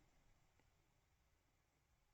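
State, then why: Not seated. A Lishi AM5 2-in-1 pick works inside a lock cylinder, lifting pin 5, the stiff pin tumbler, toward the shear line. Only a faint, steady low hiss and soft handling are heard. Nothing has set or clicked yet.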